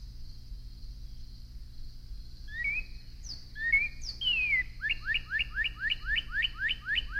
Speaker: The cardinal's song is loud and rhythmical with a good glissando, as we will hear from a cardinal at close range.